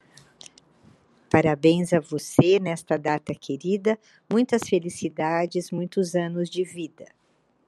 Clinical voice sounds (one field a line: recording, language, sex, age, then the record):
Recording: short text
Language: Brazilian Portuguese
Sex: female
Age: 70 to 79 years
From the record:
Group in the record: control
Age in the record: 75 years